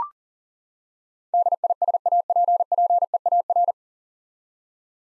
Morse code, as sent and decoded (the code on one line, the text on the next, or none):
-.. .. ... .- .--. .--. . .- .-.
DISAPPEAR